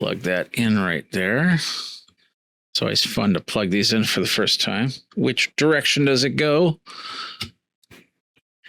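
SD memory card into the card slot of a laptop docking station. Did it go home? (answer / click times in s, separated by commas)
yes / 7.4 s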